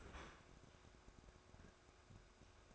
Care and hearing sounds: daily activity, microphone in the room; open fridge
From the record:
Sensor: 2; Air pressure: 1004.5 hPa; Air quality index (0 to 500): 184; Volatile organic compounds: 10 ppm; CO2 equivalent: 2206 ppm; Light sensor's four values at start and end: 4/11/4/4 and 4/11/4/4

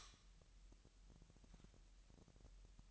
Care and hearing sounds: daily activity, microphone in the room; light on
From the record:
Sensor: 3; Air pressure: 1001.8 hPa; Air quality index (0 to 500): 246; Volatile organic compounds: 48 ppm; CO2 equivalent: 3262 ppm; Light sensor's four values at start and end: 6/13/5/5 and 13/36/15/14

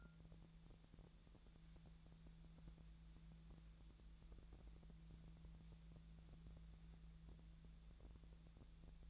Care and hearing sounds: daily activity, microphone in the room; wipe stove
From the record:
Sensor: 3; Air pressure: 1000.5 hPa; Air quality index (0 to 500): 173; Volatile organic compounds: 3 ppm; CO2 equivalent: 1498 ppm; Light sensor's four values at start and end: 12/30/12/13 and 12/30/12/13

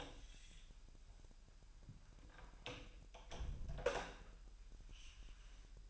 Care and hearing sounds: daily activity, microphone in the room; close door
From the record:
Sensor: 2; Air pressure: 1001.0 hPa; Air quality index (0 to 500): 249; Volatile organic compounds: 96 ppm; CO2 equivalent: 3731 ppm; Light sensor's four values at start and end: 10/23/10/10 and 10/23/9/10

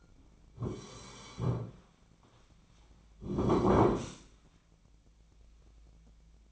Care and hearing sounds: daily activity, microphone in the room; sit down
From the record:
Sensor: 1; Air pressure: 1009.3 hPa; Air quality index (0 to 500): 176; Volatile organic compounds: 3 ppm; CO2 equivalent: 1493 ppm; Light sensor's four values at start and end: 36/97/40/47 and 39/105/43/51

